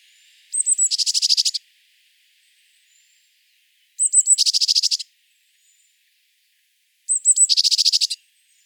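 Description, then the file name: Eurasian blue tit calls: three phrases, each a couple of high thin notes then a dense buzzy churr, repeated roughly every three seconds. "Cyanistes caeruleus"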